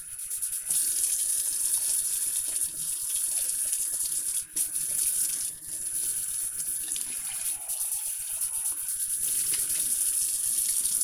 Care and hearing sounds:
household activities, microphone on the right wrist
0.00-11.04 s: washing dishes

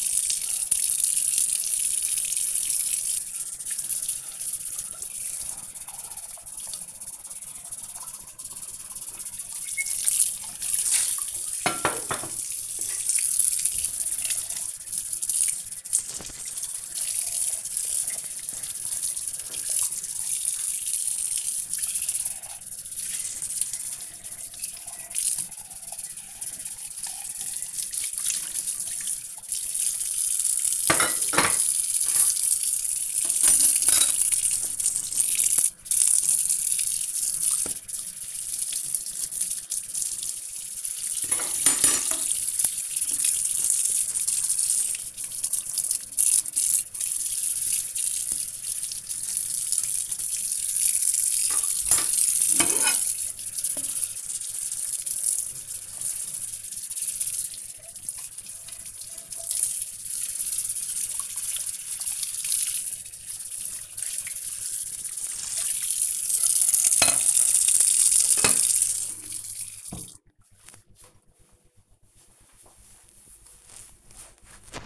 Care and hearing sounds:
household activities, microphone on the right wrist
0.00-70.25 s: washing dishes

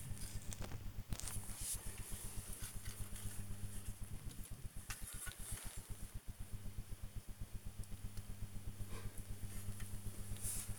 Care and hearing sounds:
household activities, microphone on the right wrist
0.00-10.79 s: dusting model cars

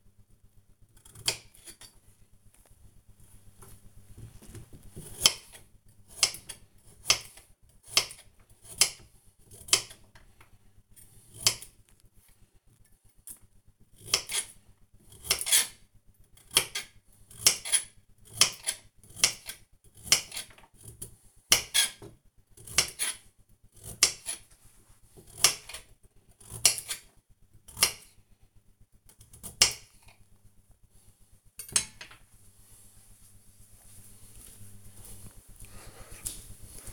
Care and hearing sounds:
household activities, microphone on the right wrist
0.00-30.85 s: cutting vegetables

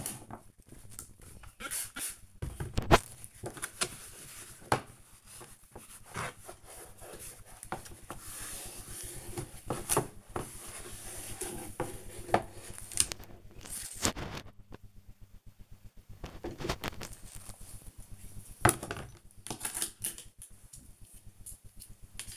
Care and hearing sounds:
household activities, microphone on the right wrist
0.00-22.37 s: tidy up the cupboard

